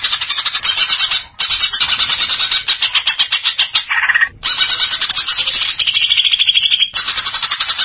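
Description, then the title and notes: Greater green leafbird song: dense, fast buzzy chatter running almost without pause, broken by a few short gaps and brief whistled phrases. Champion singing bird, called cucak ijo. "Kicau Burung Cucak Ijo Juara. Suara kicauan burung cucak ijo"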